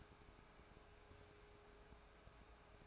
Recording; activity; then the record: daily activity, microphone in the room; take from stove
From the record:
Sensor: 2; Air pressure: 1010.1 hPa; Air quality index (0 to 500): 161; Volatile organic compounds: 7 ppm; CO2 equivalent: 2019 ppm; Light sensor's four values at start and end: 42/102/45/51 and 42/102/46/52